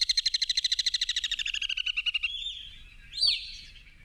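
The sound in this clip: Alpine swift calling: a rapid, pulsing, high trill that ends with a slurred note, followed by one sharp rising and falling note.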